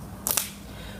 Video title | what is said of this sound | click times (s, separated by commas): Обзор соединений OVVO Connection System | snaps into place that creates like a dovetail effect inside of it here so when | 0.3 s, 0.4 s